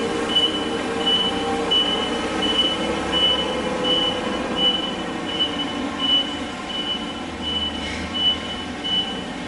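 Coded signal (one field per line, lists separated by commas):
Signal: alarm pattern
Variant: truck reversing beeper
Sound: steady repeating high beeps, about 13 in the clip, over a rattling engine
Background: truck engine rattle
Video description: Truck reversing past with Beep Beep, back up alarm or reverse buzzer or beeper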